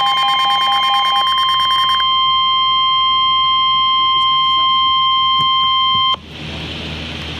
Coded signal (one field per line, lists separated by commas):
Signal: Emergency Alert System (SAME) tones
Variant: 1050 Hz attention tone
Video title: Severe thunderstorm warning (6/16/16) (EAS #61)